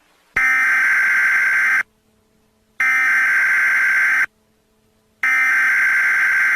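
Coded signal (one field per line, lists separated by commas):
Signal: Emergency Alert System (SAME) tones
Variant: header bursts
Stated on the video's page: Fictional EAS scenario about an ancient evil turning people into zombies.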